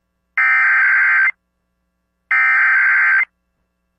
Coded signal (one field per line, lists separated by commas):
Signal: Emergency Alert System (SAME) tones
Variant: header bursts